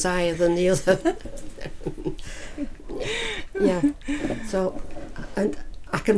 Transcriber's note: laughs